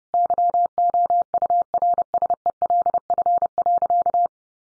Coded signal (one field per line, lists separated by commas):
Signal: Morse code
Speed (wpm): 30 wpm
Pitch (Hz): 700 Hz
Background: none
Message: YOURSELF.